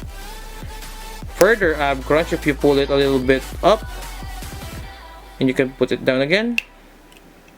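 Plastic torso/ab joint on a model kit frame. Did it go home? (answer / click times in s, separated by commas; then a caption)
yes / 7.1 s. A plastic ab-crunch torso joint on an SD model kit frame is pulled up and pushed back down into its resting position while someone talks over background music. A small snap is heard at 7.1 s as the joint seats back into place.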